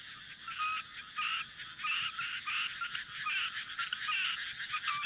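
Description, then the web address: Frogs give bursts of rattling, pulsed croaks in a high band, repeating irregularly against near silence. Frogs described as rejoicing, posted 19 June 2026. "c soumei rengou. カエル喜ぶ"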